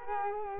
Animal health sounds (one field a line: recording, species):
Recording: mosquito wingbeat signal from an infrared sensor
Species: Culex quinquefasciatus